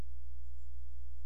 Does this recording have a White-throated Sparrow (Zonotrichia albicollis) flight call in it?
no